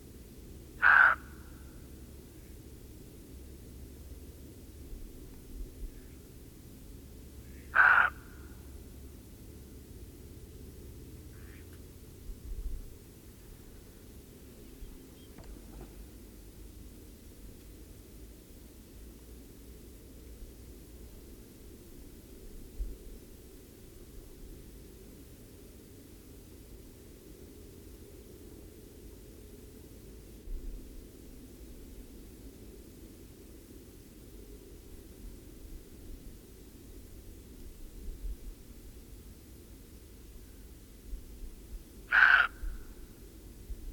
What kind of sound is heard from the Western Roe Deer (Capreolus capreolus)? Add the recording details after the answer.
call. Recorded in the wild. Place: Rhinluch, Brandenburg, DE. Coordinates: 52.817, 12.733. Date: 1971-05-01. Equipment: Nagra III BH, Sennheiser MD 21, parabola. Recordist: Schubert, Michael. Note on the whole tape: schreckendes Reh